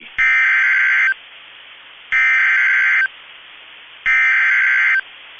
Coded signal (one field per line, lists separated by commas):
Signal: Emergency Alert System (SAME) tones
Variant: header bursts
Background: speech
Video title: Two Severe Thunderstorm Warnings (EAS 2931 & 2932) 5/2/25